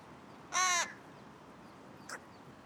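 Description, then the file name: Carrion crow giving a single harsh, rasping caw, followed about a second and a half later by a faint short sound against a steady background hiss. "Corvus corone"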